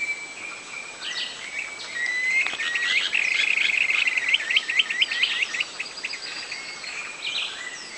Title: LuckyPassaro Completos2Sama. Planalto Tyrannulet (Phyllomyias fasciatus)